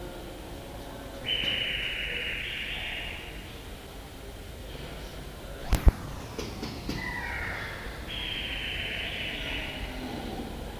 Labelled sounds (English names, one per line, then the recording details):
Leopard call
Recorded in captivity
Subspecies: japonensis
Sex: female
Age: adult
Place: Tierpark Berlin, Berlin, DE
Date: 1968-01-27 10:00
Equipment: R 20/1, Sennheiser MD 421
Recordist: Tembrock, Günter